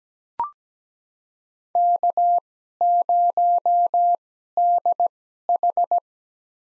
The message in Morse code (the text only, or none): K0DH